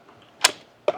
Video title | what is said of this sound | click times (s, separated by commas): Cordless Handheld Pool Vacuum, Rechargeable Pool Cleaner | until it snaps through, pops out right here, just like that. | 0.4 s